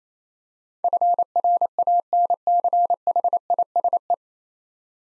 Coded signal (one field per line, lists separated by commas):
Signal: Morse code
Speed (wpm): 28 wpm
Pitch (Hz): 700 Hz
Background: none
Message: FRANCHISE